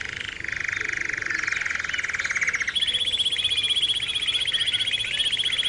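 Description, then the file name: Canary song: a low rapid rattling trill followed by a higher buzzy trill held to the end. Canary training song (kenari terapi), posted October 2013. "kenari terapi omkicau"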